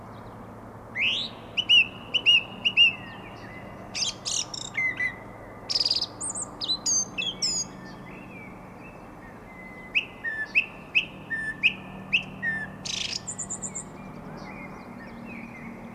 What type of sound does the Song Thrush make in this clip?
song